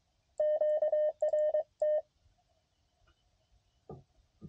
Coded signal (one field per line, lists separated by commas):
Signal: Morse code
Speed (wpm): 23 wpm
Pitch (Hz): 590 Hz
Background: none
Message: QRT